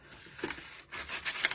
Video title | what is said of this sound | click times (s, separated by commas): Live Video on August 20, 2022 | and it clicks in place. Is that not cool or what? There's no adhesive. | 1.5 s